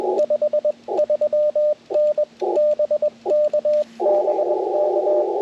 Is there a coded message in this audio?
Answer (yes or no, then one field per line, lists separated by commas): yes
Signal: Morse code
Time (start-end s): 0.2-5.2 s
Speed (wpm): 21 wpm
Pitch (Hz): 600 Hz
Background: radio noise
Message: 53N BK BK